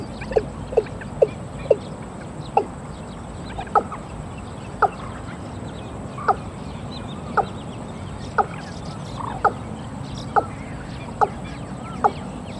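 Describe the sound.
Watercock giving a series of abrupt clucking notes, quick at first then spaced about one second apart, other birds faintly audible behind.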